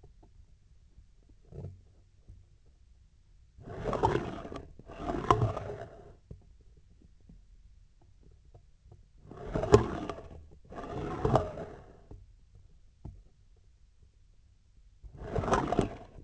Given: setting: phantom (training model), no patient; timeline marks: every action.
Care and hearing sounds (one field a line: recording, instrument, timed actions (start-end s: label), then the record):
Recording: laparoscopic instrument, vibration sensor on the handle end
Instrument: scissors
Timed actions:
3.56-4.64 s: retracting movement
4.83-6.15 s: approaching movement
9.21-10.36 s: retracting movement
10.70-12.22 s: approaching movement
14.97-16.17 s: retracting movement
From the record:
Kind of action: spatial motion